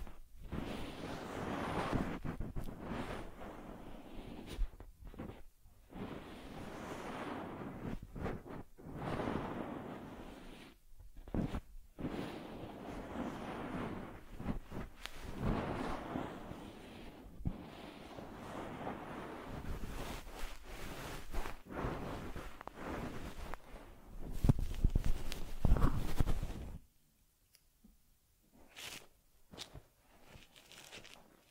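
A teddy bear gets a massage, cleaning and fur combing: soft, scratchy rubbing strokes come in uneven bursts with brief pauses between them. Around the twenty-fifth second the brushing grows louder, then stops, leaving near silence with a few faint clicks.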